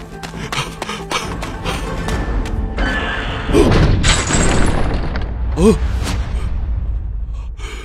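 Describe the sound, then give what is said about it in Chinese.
Heavy double doors of a main entrance slam shut suddenly at night with a deep booming thud, followed by a second heavy impact and a low, rumbling resonance amid clattering mechanical noise. “突然砰的一声巨响，两扇门瞬间关闭，大门的急速关合带出了好大一股阴风，刮得贾三脸上的肉簌簌而动，周围就这样安静下来。”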